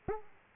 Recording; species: mosquito wingbeat signal from an infrared sensor; Aedes aegypti